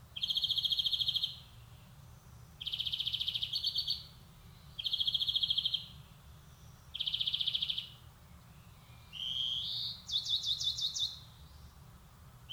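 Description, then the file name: European greenfinch delivering a series of rattling trill phrases, four in a row, then a brief wheezy note and a twittering run. "Chloris chloris"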